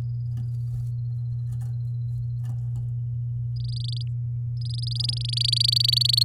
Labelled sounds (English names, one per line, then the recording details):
Domestic Canary song
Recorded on 10 May 2018 at 10:47
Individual llb16